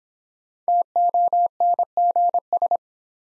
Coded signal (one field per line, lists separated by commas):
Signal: Morse code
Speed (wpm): 26 wpm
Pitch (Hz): 700 Hz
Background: none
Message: TONGS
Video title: Easy Words - Speed-Racing with Hints - 20wpm